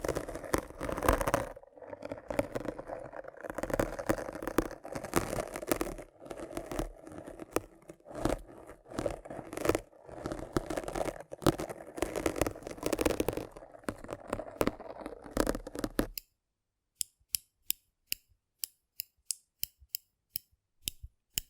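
Rough, dense scraping and rubbing churns for sixteen seconds, then stops, leaving a string of sharp, regular clicks ticking until the end.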